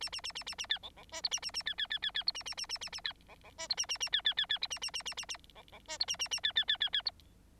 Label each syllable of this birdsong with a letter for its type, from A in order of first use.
A A A A A A B C C D E A A A B B B B B E A A A A A A B C C D E A A A B B B B A A A A A A C C D E A A A B B B B B E